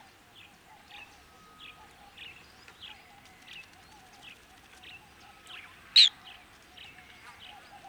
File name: Little Green Bee eater